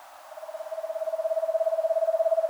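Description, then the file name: Eastern screech owl trill starting soft and steadily building in volume, a quick even series of mellow pulsed notes holding one pitch throughout. "Eastern Screech Owl Megascops asio"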